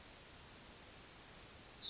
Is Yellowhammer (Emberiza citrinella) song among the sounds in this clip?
yes